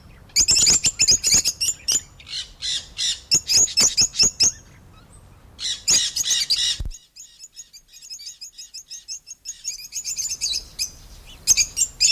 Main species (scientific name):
Agapornis roseicollis